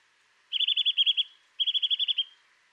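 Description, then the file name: Eurasian nuthatch giving two quick runs of clear, repeated piping notes, each run lasting about three-quarters of a second and ending in a slight trailing tone. "Sitta europaea"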